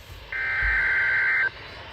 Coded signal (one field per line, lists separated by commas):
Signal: Emergency Alert System (SAME) tones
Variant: header bursts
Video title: (LiveVoice!!!) RWT EAS #3